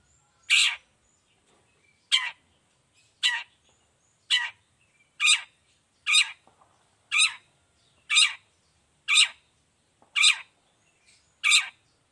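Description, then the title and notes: Long-tailed shrike repeating short, harsh scratchy notes at a steady pace of roughly one per second, with nothing else audible. Cendet singing vigorously in the morning with the 'toet toet' variation, clear-voiced and fully varied; a tutor song easy for any cendet to imitate. "Cendet Gacor Dor Di Kala Pagi Toet Toet Variasi Suara. Cendet Gacor Suara Jernih Full Variasi. Burung cendet"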